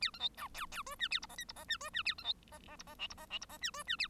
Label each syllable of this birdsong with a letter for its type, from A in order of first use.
A B C D E E F G A H I J H I G F G A B C I I H I K H I K H I G F G A